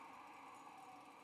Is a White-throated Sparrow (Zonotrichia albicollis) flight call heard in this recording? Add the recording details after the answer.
no. No flight call is heard. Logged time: 08:29 on 20 November 2014